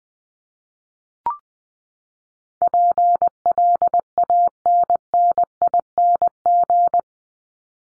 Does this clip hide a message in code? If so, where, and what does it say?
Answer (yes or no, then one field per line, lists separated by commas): yes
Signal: Morse code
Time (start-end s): 2.6-7.0 s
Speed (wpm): 20 wpm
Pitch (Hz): 700 Hz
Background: none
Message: PLANNING